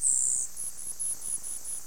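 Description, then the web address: Grasshopper sparrow giving a very high, thin insect-like buzz lasting half a second, followed by a faint series of high pulsed ticks over a steady background hiss. "Mitchell Lake. Grasshpr Sparrow"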